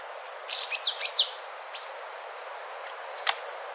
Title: LuckyPassaro Completos2Sama. Yellow-green Grosbeak (Caryothraustes canadensis)